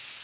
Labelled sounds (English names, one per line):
Northern Parula flight call